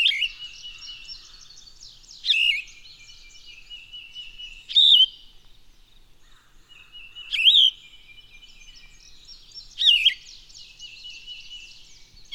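Bird song: short, rich warbled phrases repeated about every two and a half seconds, several in all, over continuous high twittering.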